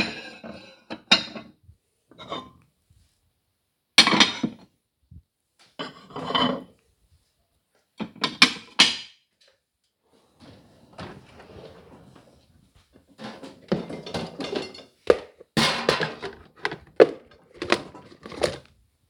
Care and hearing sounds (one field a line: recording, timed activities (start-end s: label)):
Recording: household activities, microphone on the right wrist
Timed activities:
0.00-19.10 s: putting away the dishes